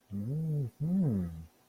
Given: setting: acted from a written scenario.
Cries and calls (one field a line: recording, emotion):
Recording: vocal sound without words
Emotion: interest